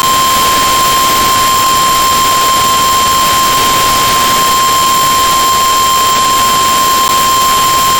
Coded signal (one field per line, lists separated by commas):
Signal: Emergency Alert System (SAME) tones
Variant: 1050 Hz attention tone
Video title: KZZ42 Weekly Test (1/12/22)(EAS 1045)